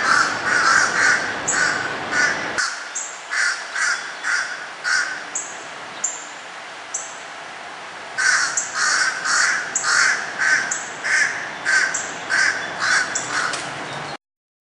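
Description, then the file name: Crows cawing loudly and persistently, rough calls repeated nearly twice a second, with a quieter lull in the middle before a fresh run of caws. Crows calling at a hawk, recorded in 2006. "Crows at Law"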